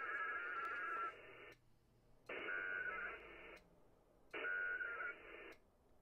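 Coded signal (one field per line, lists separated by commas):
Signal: HF data modem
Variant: ARDOP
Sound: three harsh hissing data bursts, about 1.2 s each, separated by short pauses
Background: radio static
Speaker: I don't need to send I want to receive I want all my emails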